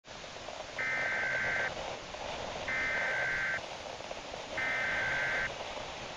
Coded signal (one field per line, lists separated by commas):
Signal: Emergency Alert System (SAME) tones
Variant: header bursts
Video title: EAS Recreation - Severe Thunderstorm moving at 100 MPH! (3/14/19)